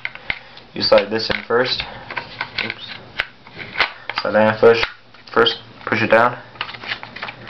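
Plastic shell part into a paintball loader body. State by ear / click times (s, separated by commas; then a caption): not seated / none. Someone talks while reassembling a Dye Rotor paintball loader in Liquid Grey, sliding a plastic shell half into the loader body and starting to push it down, with short sharp plastic taps and clicks from the handling. Nothing has snapped or seated yet by the end of the clip.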